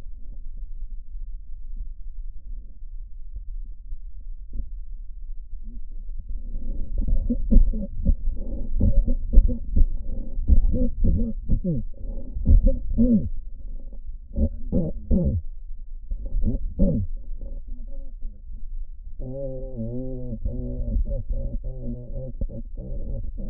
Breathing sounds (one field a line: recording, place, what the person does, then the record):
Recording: lung sounds by stethoscope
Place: right posterior basal chest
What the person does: quiet breathing, then cough and speech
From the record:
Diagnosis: pulmonary infection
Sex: male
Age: 86 years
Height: 165 cm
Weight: 65 kg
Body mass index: 23.9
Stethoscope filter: diaphragm mode